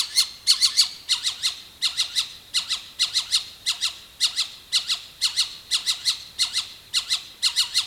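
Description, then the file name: Animal alarm call: a continuous, insistent series of harsh squawks in clusters of three or four notes, each cluster following closely on the last throughout. "SLA alarm"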